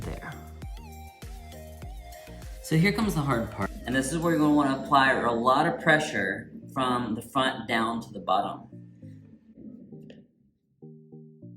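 A new T-spring is being pressed into the plastic H-shell of a Kangoo Jump XR3 SE rebound boot, with hard downward pressure applied from the front down to the bottom. Someone talks over steady background music, with a few faint knocks. Nothing has seated or clicked yet.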